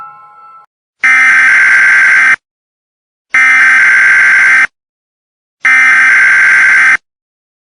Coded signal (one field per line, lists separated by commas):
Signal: Emergency Alert System (SAME) tones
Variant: header bursts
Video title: EAS Scenario: The Windy Doomsday